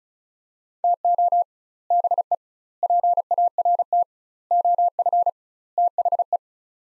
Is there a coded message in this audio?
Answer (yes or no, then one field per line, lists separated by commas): yes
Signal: Morse code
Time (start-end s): 0.8-6.4 s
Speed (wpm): 36 wpm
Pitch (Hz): 700 Hz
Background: none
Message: TO BE PART OF THE